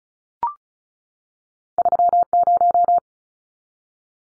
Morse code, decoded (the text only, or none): 30